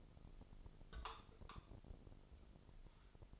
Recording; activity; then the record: daily activity, microphone in the room; take from stove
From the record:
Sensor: 5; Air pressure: 995.5 hPa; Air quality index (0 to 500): 101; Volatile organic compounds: 6 ppm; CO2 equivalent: 1926 ppm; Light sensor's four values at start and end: 25/62/24/23 and 24/59/23/22